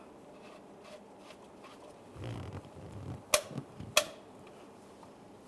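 The engine oil filler cap on a 1994-2001 Dodge Ram 1500 is screwed clockwise back into the valve cover filler neck, with soft low rubbing and turning noises from about 2.2 s. Its ratchet gives two loud, sharp clicks at 3.3 s and 4.0 s as the cap is tightened.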